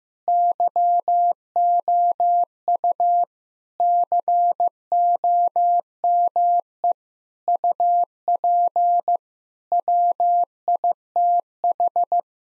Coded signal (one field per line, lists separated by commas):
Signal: Morse code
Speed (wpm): 15 wpm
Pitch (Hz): 700 Hz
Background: none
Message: YOU COME UP WITH